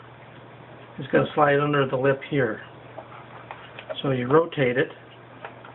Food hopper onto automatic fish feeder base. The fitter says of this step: it snaps in place and then